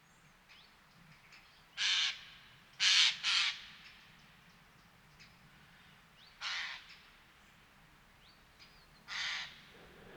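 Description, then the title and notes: Eurasian jay giving harsh, rasping screeches, single and in a quick pair, spaced irregularly over several seconds against a quiet background. October 2019; northern European population arriving across the country for two months, due to poor oak fruiting in Scandinavia and likely good breeding; many birds; ambience of various calls. "sonothèque Fernand DEROUSSEN. Geai des chênes (Garrulus glandarius)"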